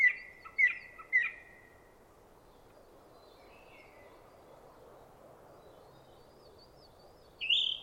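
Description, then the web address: Song thrush song: three loud, clipped notes repeated at steady intervals, followed by a long quiet gap and a higher phrase at the end. "cianscape birddata Deverinetal 2025"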